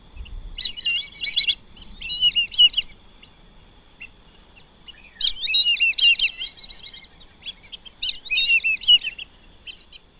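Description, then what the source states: Black-bellied whistling duck calls, bursts of high chattering, wavering whistles given in groups of several notes, several bursts separated by quiet gaps. Whistle-like call.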